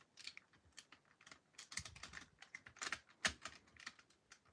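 A plastic flap that was not all the way in is handled against the body of a Fans Toys FT-26 Hitch (Hoist) transforming robot figure during transformation. Quick, dry plastic clicks and taps are heard throughout, with sharper clacks at about 1.8, 2.9 and 3.3 seconds. The flap has not seated or snapped into place yet.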